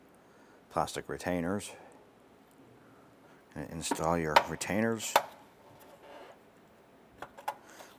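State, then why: Seated. Someone talks while plastic retainers are pushed into the aligned holes of the upper intake tube portion during a radiator replacement on a 2008-2012 Honda Accord. Two sharp clicks follow at 7.2 and 7.5 seconds as the retainers seat fully home.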